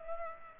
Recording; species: mosquito wingbeat signal from an infrared sensor; Culex pipiens